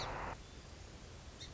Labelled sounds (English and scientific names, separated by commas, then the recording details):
Song Sparrow (Melospiza melodia)
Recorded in Sonoma County, California